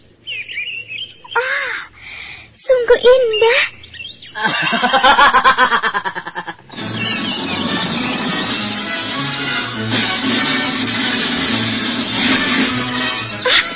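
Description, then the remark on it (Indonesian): Assorted birds sing in a forest, with bright tweets and warbling calls at first, then a dense, steady chorus of overlapping chirps. A voice briefly speaks near the start. “Karena aku dapat menikmati kesegaran udara hutan, serta mendengarkan merdunya kicau berbagai macam burung.”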